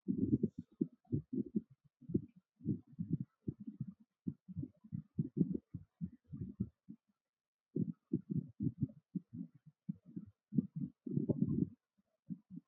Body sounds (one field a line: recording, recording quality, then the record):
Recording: shallow breathing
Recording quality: moderate, slight background noise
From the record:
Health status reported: healthy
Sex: male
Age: 39 years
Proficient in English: yes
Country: India